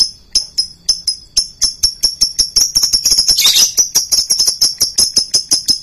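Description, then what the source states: Lovebird chattering in fast, sharp, high chirps about three per second, swelling into a denser, harsher burst midway, over a constant high whine. Call style named konslet.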